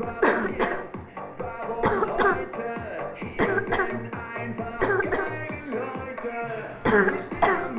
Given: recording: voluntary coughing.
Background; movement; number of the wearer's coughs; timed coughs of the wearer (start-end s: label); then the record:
music; sitting; 10
0.19-0.51 s: cough
0.57-0.93 s: cough
1.81-2.04 s: cough
2.16-2.51 s: cough
3.37-3.65 s: cough
3.70-4.00 s: cough
4.79-5.07 s: cough
5.10-5.36 s: cough
6.83-7.23 s: cough
7.40-7.71 s: cough
From the record:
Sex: female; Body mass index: 18.3 kg/m2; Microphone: on the chest, facing the body